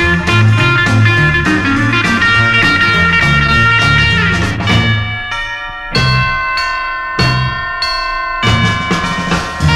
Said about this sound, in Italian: Serafino campanaro, din don da, din don da, suona, suona le campane